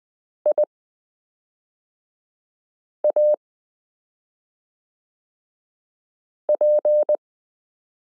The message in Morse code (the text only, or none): IAP